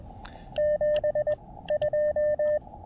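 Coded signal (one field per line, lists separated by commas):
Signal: Morse code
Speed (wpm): 20 wpm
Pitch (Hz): 590 Hz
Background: none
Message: 7 2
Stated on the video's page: POTA park activation on CW with an Elecraft KX2, AX1 antenna and Begali Traveler key.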